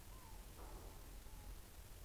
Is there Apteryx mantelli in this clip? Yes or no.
no